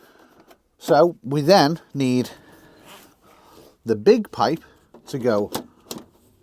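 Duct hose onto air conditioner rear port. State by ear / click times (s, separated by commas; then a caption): seated / 5.9 s. A large plastic duct hose is pushed onto the rear port of an EcoFlow WAVE 2 portable air conditioner while someone talks. A sharp click at 5.9 seconds marks the hose snapping into place, fully seated.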